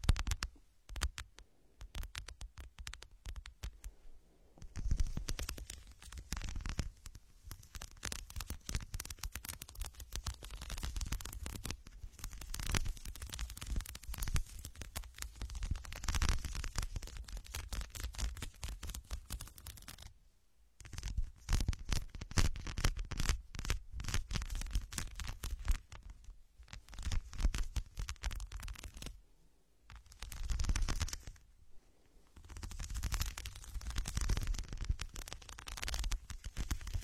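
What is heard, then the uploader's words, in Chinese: Ear picking with dense, crackling scratches and rubbing right at the microphone, coming in long bursts. Quiet gaps break the activity around 20 and 30 seconds before the scraping resumes. A low thumping rumble sits under the brighter crackle throughout. 抠耳朵（声控助眠）。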